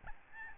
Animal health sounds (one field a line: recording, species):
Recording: mosquito wingbeat signal from an infrared sensor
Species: Aedes albopictus